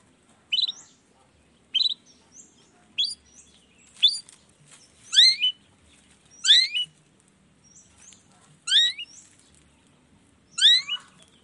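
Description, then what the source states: Long-tailed shrike giving many squeaky slurred phrases at irregular intervals of a second or more. Lively morning singing with 'toet toet' sound variations, meant to stimulate lazy shrikes into singing along.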